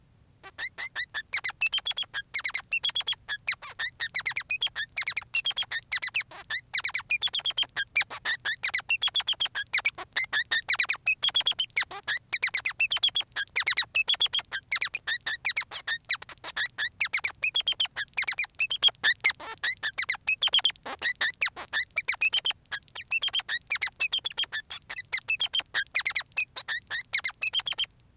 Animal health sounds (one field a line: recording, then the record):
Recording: song of a male Bengalese finch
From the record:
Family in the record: son of father 3